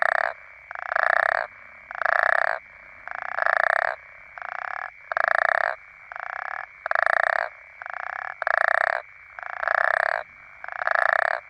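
African common toad: loud pulsed rasping snores of African common toads follow one another nearly without pause, some softer calls interleaved, over a faint constant hum.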